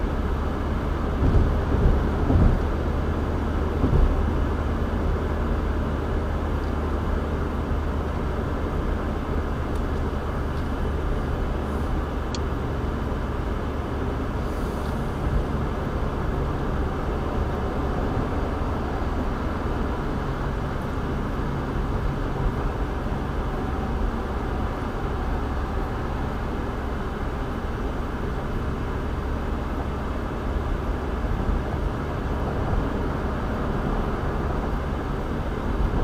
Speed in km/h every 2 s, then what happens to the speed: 93, 93, 93, 93, 92, 90, 89, 89, 87, 87, 87, 85, 85, 85, 87, 89, 89, 87.
0-36 steady at about 89.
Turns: none.